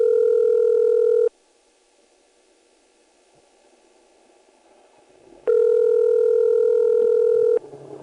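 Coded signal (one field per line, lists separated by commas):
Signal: telephone call progress tone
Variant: North America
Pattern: ringback tone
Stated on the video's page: Recording of an EAX local/toll telephone switch, 1977.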